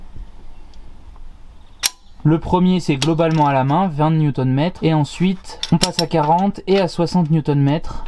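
A torque wrench tightens a cylinder head bolt into the engine block of a Renault 4L's 1108 cc Cléon engine, following the specified order from the center of the head outward in three stages of about 20, 40 and 60 Nm. After faint ticks at 0.7 s and 1.2 s, the wrench gives a sharp click at 1.9 s, showing it has reached its set torque. Someone talks for the rest of the clip.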